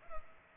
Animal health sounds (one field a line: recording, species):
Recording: mosquito wingbeat signal from an infrared sensor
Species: Culex pipiens